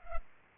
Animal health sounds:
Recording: mosquito wingbeat signal from an infrared sensor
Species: Culex pipiens

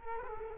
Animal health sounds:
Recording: mosquito wingbeat signal from an infrared sensor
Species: Culex quinquefasciatus

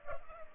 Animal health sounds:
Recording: mosquito wingbeat signal from an infrared sensor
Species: Culex pipiens

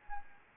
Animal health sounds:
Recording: mosquito wingbeat signal from an infrared sensor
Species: Anopheles gambiae

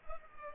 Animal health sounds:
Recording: mosquito wingbeat signal from an infrared sensor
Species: Culex pipiens

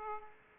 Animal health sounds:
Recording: mosquito wingbeat signal from an infrared sensor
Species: Aedes aegypti

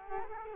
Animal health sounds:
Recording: mosquito wingbeat signal from an infrared sensor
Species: Culex quinquefasciatus

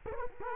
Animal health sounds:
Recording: mosquito wingbeat signal from an infrared sensor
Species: Culex quinquefasciatus

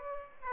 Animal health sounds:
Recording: mosquito wingbeat signal from an infrared sensor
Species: Aedes aegypti

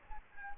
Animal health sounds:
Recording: mosquito wingbeat signal from an infrared sensor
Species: Aedes albopictus

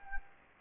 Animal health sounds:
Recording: mosquito wingbeat signal from an infrared sensor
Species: Anopheles gambiae

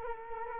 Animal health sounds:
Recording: mosquito wingbeat signal from an infrared sensor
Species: Culex quinquefasciatus

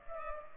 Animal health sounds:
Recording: mosquito wingbeat signal from an infrared sensor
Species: Culex pipiens

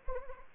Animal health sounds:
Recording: mosquito wingbeat signal from an infrared sensor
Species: Anopheles arabiensis

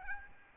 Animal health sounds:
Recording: mosquito wingbeat signal from an infrared sensor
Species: Aedes albopictus

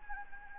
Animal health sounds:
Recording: mosquito wingbeat signal from an infrared sensor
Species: Anopheles gambiae

